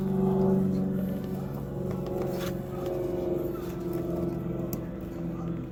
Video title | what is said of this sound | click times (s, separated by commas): How to Replace Fog Lights In a 2015 Chevy Silverado with LASFIT 5202 LED Bulbs | hopefully guys heard that it clicked in so you know it's in | 4.7 s